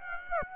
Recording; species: mosquito wingbeat signal from an infrared sensor; Aedes aegypti